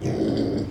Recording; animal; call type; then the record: contact call of a hoofed animal; pig; closed-mouth grunt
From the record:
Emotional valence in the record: negative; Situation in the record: short social isolation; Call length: 0.71 s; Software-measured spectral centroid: 1530 Hz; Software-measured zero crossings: 910 a second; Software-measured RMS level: -24 dBFS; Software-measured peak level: -12 dBFS